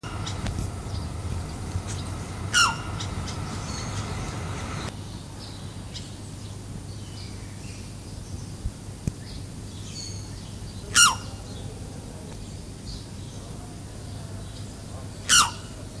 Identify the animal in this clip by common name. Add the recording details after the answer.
Trumpet Manucode. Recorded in captivity. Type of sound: call. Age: adult. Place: Zoo Berlin, Berlin, DE. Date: 2005-08-17 16:41. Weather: fair, 18°C. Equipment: Panasonic RQ-2102, Sennheiser ME 80, Kopie Uher 4000 Report Monitor. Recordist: Tembrock, Günter. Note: Trompeter-Paradieskrähe, als Manucodia keraudrii bezeichnet: Lautfolgen